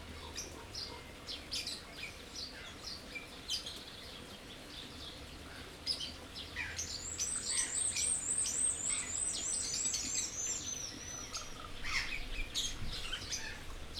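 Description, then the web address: Birds chirping rapidly, joined midway by a high warbling run of looping notes that lasts several seconds, over a faint low hum. Birds in an aviary at Jászberény Zoo, recorded in 2016. "allathangok jaszberenyizoo 2016 madarak ropde"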